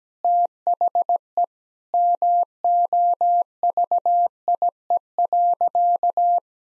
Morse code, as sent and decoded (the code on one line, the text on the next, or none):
- .... . / -- --- ...- .. . .-.-.-
THE MOVIE.